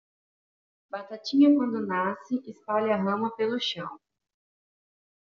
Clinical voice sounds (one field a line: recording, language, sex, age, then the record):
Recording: short text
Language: Brazilian Portuguese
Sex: female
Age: 20 to 29 years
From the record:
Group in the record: control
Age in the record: 24 years